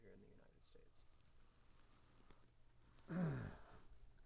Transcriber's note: he sighs